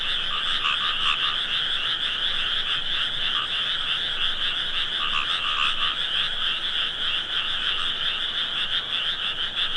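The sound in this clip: Frog chorus, loud steady drone of many croaking frogs with repeated pulsed notes running throughout.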